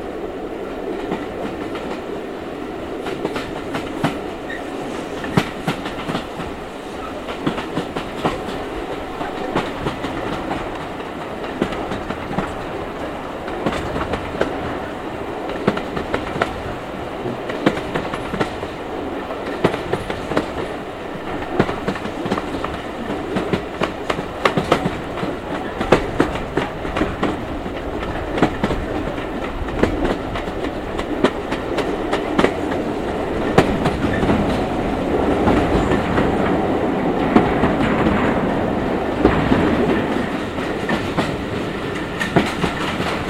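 A ride aboard a steam railway train: a steady, dense rumble of the carriage rolling along, peppered throughout with quick rattling clicks and clacks from the wheels and couplings. The rumble swells slightly heavier and louder toward the end.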